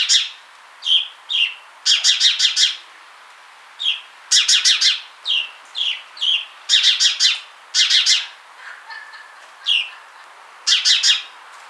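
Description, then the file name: House sparrow giving repeated harsh chirps, singly and in rapid runs of several, steadily throughout. "Passer domesticus"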